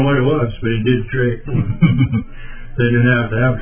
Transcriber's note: laughing